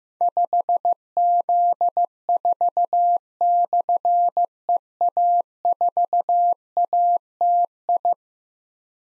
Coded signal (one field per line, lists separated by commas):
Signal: Morse code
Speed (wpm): 15 wpm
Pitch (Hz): 700 Hz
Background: none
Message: 5Z4/EA4ATI